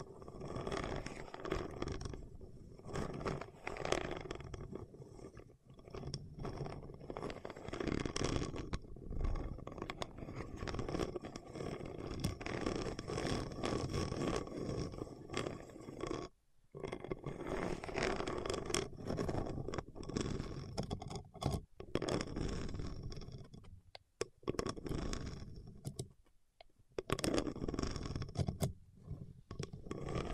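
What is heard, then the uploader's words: Fingertips coated in wax rub and scrape in a dense, nearly continuous stream of crackly friction with sticky clicks. The rubbing runs at a fairly even level with short pauses around 16 seconds and again near 24 and 26 seconds. ASMR with Wax Fingertips for Sleep (No Talking).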